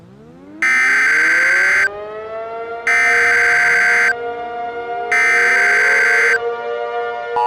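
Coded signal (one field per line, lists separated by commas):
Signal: Emergency Alert System (SAME) tones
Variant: header bursts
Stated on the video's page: Fictional EAS scenario, remastered, not a real alert.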